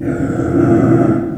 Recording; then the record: squeal of a Yucatan mini pig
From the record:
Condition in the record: after surgery on the right vocal fold (resection and tissue-engineered implant); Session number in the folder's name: 3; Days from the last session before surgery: 21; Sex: female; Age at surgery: 19 weeks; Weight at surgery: 25 kg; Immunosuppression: prednisolone